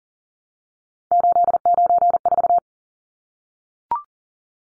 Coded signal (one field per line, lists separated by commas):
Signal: Morse code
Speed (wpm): 40 wpm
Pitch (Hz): 700 Hz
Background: none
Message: 894